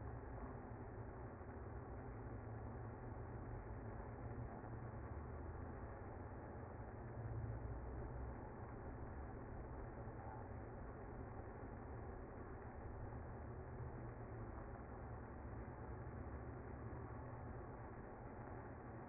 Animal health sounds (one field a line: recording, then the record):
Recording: honeybee colony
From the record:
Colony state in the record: active